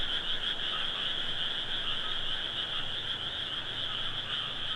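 Frog calls in a dense chorus, a steady high trilling band running throughout with no clear pauses.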